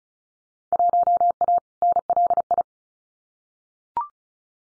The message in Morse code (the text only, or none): 1A NLI